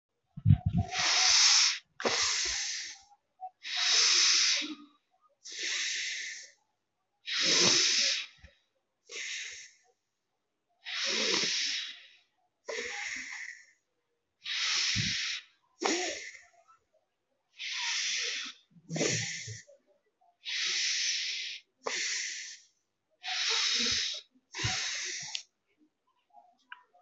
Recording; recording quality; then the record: shallow breathing; excellent, no background noise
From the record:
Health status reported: healthy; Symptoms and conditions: none ticked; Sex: male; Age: 24 years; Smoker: not ticked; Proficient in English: yes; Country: India